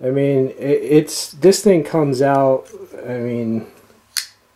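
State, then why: Seated. Someone talks, then the blade of a Bradley Alias I folding knife with a titanium/G10 framelock is swung open. The titanium frame lock snaps into place with a loud, crisp click at 4.2 s, locking the blade open.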